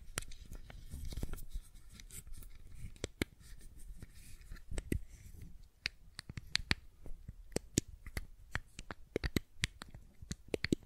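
A fidget cube is tapped and clicked in quick, irregular bursts, with sharp bright clicks scattered across the whole stretch. Early on, softer low thumps and rustling dominate. After about six seconds the clicks come faster and crisper, with short pauses between clusters.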